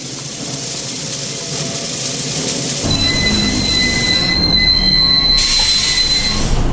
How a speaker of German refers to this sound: Der Zug hielt.